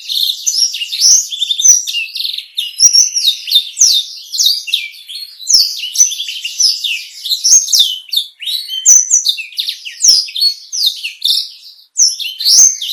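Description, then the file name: Black-throated canary song, a steady stream of high, crisp twitters and slurred whistles, varied and almost without pause for the whole stretch. Bird singing constantly ('gacor') in a clear 'kristal' style, used to train cage birds. "masteran burung blackthroat gacor kristal"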